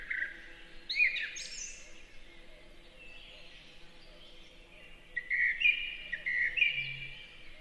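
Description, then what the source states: Song thrush song: a few short whistled and scratchy phrases with a pause between, then brighter repeated notes near the end; low steady hum underneath. Sung in a forest in spring.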